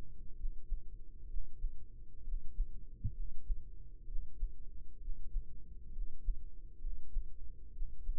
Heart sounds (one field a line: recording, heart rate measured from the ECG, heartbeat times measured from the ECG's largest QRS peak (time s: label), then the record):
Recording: heart sounds by microphone in the right ear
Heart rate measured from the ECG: 65 bpm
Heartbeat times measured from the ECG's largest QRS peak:
0.34 s: heartbeat
1.26 s: heartbeat
2.22 s: heartbeat
3.12 s: heartbeat
4.04 s: heartbeat
4.98 s: heartbeat
5.90 s: heartbeat
6.78 s: heartbeat
7.71 s: heartbeat
From the record:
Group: healthy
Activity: rest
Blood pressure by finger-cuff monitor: 111/72 mmHg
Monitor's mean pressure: 82 mmHg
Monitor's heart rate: 65 bpm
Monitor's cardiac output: 4.6 L/min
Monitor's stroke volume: 71 mL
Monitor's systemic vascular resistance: 1320 dyn s/cm5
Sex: male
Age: 20 years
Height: 167 cm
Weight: 61 kg